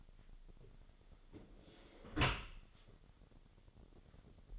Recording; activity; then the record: daily activity, microphone in the room; close dishwasher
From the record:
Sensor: 4